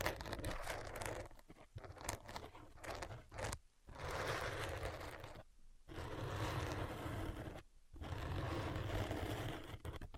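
Tapping and scratching, with quick irregular taps crowding the first three seconds. After that come longer stretches of steady, rough scratching, each lasting about two seconds and split by short silent breaks near four, six and eight seconds.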